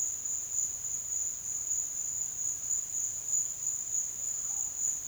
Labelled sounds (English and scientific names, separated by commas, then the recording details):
none
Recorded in secondary vegetation near Puerto Asís, Putumayo, Colombia, on 19 June 2025 at 13:00
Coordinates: 0.485, -76.322
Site GP06